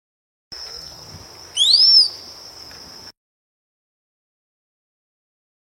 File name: Canto do cricrio de cinta vermelha